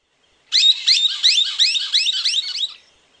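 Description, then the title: Scimitar-billed woodcreeper giving a loud series of shrill, high rising-falling notes lasting about two seconds, then stopping. "LuckyPassaro Completos2Sama. Scimitar-billed Woodcreeper (Drymornis bridgesii)"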